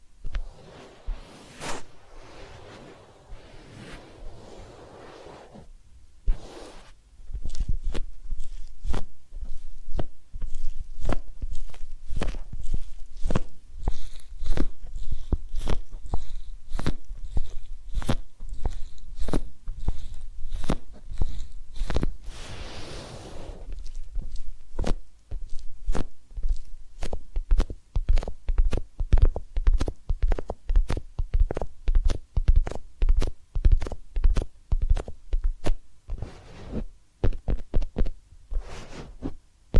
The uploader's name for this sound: Massage, Ear Cleaning and Spa